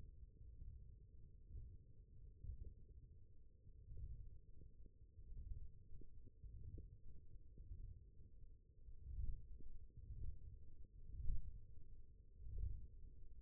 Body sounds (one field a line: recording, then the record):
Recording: forearm muscle sounds (acoustic myography)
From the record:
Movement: ulnar deviation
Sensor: system 1, eight BSWA MPA416 microphones around the upper forearm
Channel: 5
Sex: male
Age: 23 years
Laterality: right